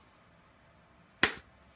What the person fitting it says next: hear that little snap okay